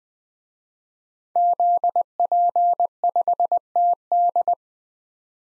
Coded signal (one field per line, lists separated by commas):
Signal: Morse code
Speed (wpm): 20 wpm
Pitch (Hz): 700 Hz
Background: none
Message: ZP5TD